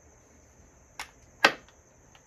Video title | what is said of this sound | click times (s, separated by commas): MS200t Strugglebus Repairs. Fixt | want to hear that snap | 1.4 s